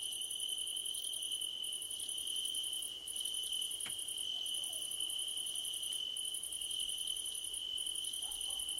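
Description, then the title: Steady cricket drone with repeated bursts of rapid, very high chirping trills separated by short silences, plus a single faint click. Crickets at night under a starlit sky. "Nighttime Ambience with Crickets"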